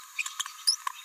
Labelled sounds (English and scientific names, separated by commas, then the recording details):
Green-rumped Parrotlet (Forpus passerinus) babbling
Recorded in a nest box in Venezuela
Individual 18B17A4